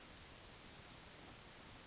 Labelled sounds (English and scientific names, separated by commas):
Yellowhammer (Emberiza citrinella) song